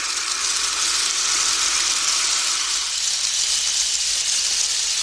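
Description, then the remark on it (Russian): Steady bright fizzing and crackling hiss of sparklers tied to the branches of a Christmas tree and lit all at once, throwing sparks in all directions, sustained and fairly loud for several seconds with no voices. “Бенгальские огни вспыхнули, засверкали и стали сыпать во все стороны огненными брызгами.”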